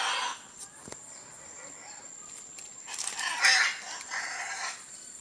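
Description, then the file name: Scarlet macaw squawks: coarse, grating outbursts at the start and again through the second half, with a thin continuous insect drone in the background. "canto do araracanga"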